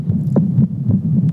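Soft, regular low thumps repeat steadily under a constant low hum, muffled as if picked up through a phone held against the body. An adult man's heartbeat with an even rhythm, recorded on a cell phone; he has a history of quadruple bypass heart surgery.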